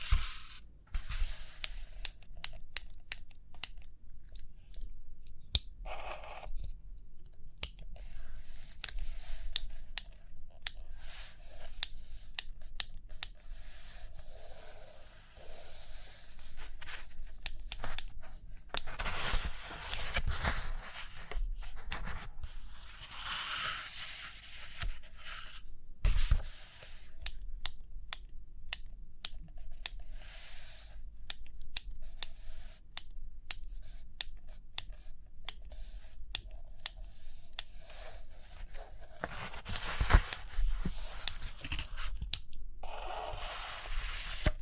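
Paper pages are turned and handled while a pen or pencil scratches and taps across the surface. Sharp little ticks and clicks come in quick clusters throughout, with louder rustling swells of paper around 19 to 23 seconds and again near 40 seconds.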